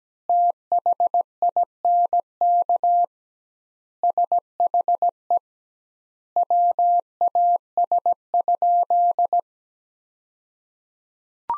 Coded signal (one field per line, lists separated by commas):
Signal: Morse code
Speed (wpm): 17 wpm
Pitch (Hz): 700 Hz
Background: none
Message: THINK SHE WAS?